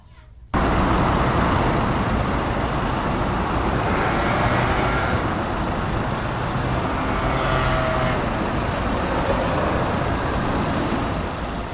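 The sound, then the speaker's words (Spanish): A dense, continuous roar of street traffic on a pedestrian street near Cristo Rey in northern Madrid, with engines rumbling steadily, and a heavier vehicle like a bus swelling past midway. Faint voices may murmur beneath the constant noise. “No, eso es poner la grabadora simplemente en la calle, por donde pasea la gente.”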